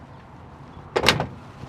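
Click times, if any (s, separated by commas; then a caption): 1.1 s. A section of the pickup bed cover or tailgate on a Jeep Gladiator is closed down into the pickup bed latch. After quiet background, a short cluster of sharp impacts comes at about 1.0, 1.1 and 1.2 s, with the loudest latch impact at 1.1 s. The bed cover latches shut and is locked in place.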